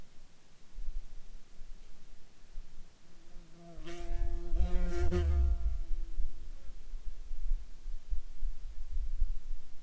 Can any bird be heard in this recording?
no